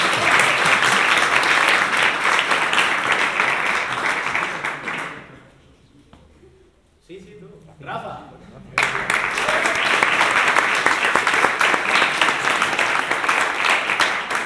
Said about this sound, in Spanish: Y nada, esta vez no aplaudáis más. ¡Aplauso!